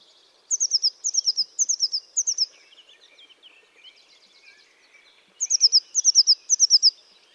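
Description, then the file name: Eurasian blue tit calling in high, thin phrases of three or four quick descending notes, in two bursts separated by a pause. "Cyanistes caeruleus"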